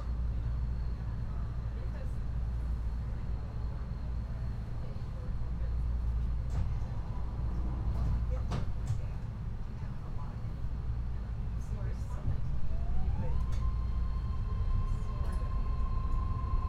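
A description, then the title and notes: A rapid-transit train rolls along with a heavy, steady low rumble and hiss filling the car. Scattered clicks and clunks from the track come and go, and near the end a rising whine climbs and then holds as a sustained tone, likely with faint voices underneath. The hum of a BART train moving in California Bay Area. California Bay Area BART Moving.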